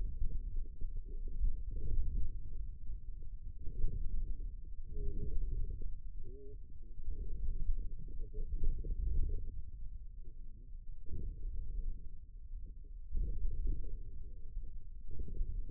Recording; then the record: forearm muscle sounds (acoustic myography)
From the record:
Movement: inward rotation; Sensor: system 2, bracelet of six BSWA MPA416 microphones around the upper forearm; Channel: 4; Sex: male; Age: 22 years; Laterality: right